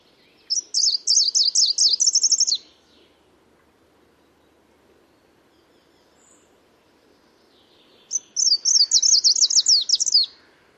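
Bird giving high, thin trilled phrases of rapid repeated rising-falling notes, one phrase near the start and another about seven and a half seconds later, over quiet low background noise.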